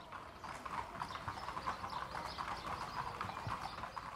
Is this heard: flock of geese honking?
no